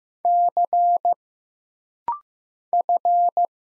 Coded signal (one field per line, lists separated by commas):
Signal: Morse code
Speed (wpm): 15 wpm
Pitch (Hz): 700 Hz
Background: none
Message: C F